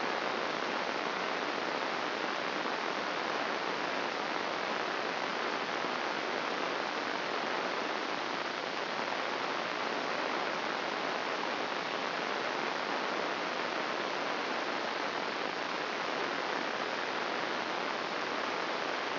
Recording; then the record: brain microelectrode recording played as sound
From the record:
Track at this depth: inside the subthalamic nucleus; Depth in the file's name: 0.933 mm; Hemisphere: right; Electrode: 2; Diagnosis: Parkinson's disease